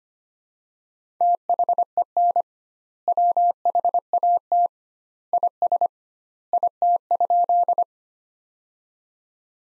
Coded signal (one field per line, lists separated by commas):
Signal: Morse code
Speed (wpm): 25 wpm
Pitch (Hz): 700 Hz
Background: none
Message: THEN WHAT IS IT?